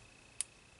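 A hinged clasp on a hoop earring is closed to show how it works, giving a short, sharp click at 0.4 s against a quiet background. The clasp snaps shut and is seated.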